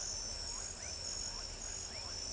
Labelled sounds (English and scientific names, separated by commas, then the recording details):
none
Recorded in pastures near Pivijay, Magdalena, Colombia, on 1 June 2023 at 22:30
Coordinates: 10.456, -74.369
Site P6-G026